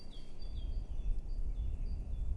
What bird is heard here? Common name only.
Great Tit